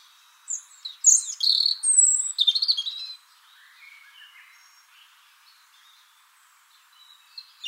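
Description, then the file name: European robin song: a rich phrase of high whistles and quick trills, then quiet faint notes and a final brief sound. "Erithacus rubecula"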